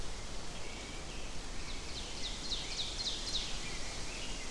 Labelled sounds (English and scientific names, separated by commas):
Ovenbird (Seiurus aurocapilla) song